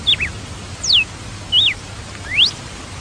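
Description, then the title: Red-cowled cardinal song: a few sharp whistled notes, some swooping down and one rising, over steady background hiss. "Galo de Campina"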